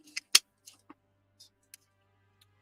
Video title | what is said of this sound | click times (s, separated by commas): Ep10 Agora 1/18th Mitsubishi A6M Zero | And that clicks into place. | 0.4 s